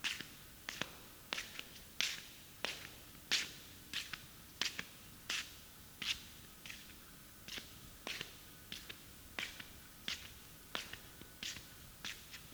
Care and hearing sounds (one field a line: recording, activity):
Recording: daily activity, guitar pickup as the sensor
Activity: walk